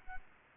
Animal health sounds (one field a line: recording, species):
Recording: mosquito wingbeat signal from an infrared sensor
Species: Culex quinquefasciatus